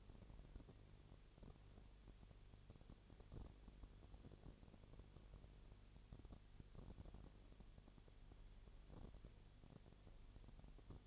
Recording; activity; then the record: daily activity, microphone in the room; no activity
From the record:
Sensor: 4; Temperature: 22.7 degrees Celsius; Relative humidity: 32.0%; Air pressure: 1008.1 hPa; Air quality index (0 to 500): 114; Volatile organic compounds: 2 ppm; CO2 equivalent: 1105 ppm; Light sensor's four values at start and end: 2/3/1/1 and 2/3/1/1